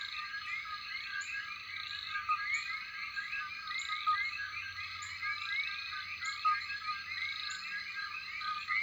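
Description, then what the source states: Common coqui chorus: a steady wall of overlapping chirps and trills, with no single caller standing out clearly. Night chorus.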